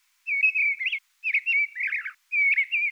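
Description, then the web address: Mistle thrush giving three short, fluty warbled phrases with brief pauses between, the last cut off. "Turdus viscivorus"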